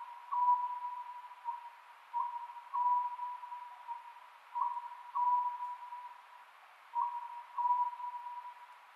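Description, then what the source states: Oriental scops owl producing evenly paced two-note hoots, the second note long and level, repeated about four times over a faint steady tone. Recorded 27 May 2010 at 22:21.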